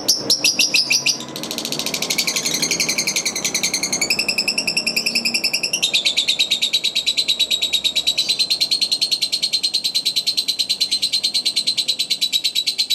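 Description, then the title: Lovebird song of rapid, high, pulsing trills that shift in pitch early, then settle into a steady fast rattle. Masteran bird sounds used for training birds. "MASTERAN BURUNG"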